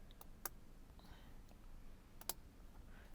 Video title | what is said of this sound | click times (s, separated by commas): FactionFab 08-14 WRX / STI Steering Wheel Install | you push down on the yellow locking tab you'll feel it click it's a really good feedback and give | 0.5 s, 2.3 s